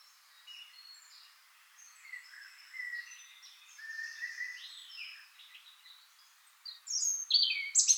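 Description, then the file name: European robin song, quiet high scratchy warbling that grows, ending with loud, piercing, thin high notes. "Erithacus rubecula"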